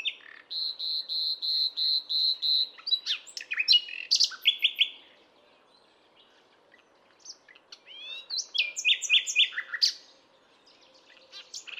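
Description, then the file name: Common nightingale opens with a steady string of pure repeated notes, then shifts to lively bursts of chirps and slurred whistles separated by short pauses. "Luscinia megarhynchos"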